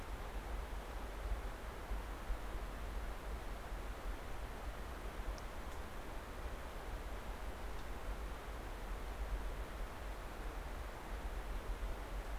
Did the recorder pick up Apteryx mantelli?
no